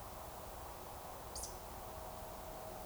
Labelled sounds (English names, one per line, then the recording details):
Eurasian Woodcock whistle
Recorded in Baden-Württemberg, Germany, on 15 June 2020 at 02:26 UTC
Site 43791, 788 m above sea level